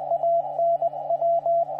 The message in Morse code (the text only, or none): AN W